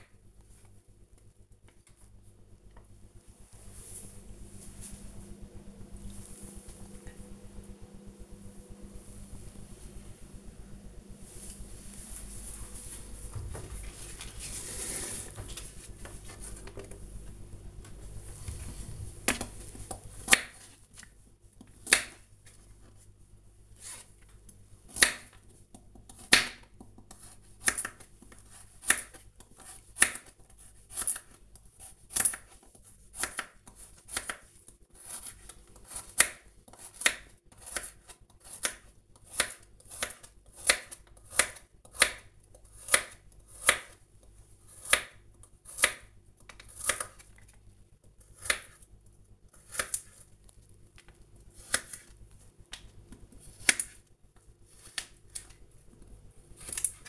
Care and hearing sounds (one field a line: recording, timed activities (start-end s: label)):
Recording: household activities, microphone on the right wrist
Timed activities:
0.00-1.73 s: cutting vegetables
17.82-57.09 s: cutting vegetables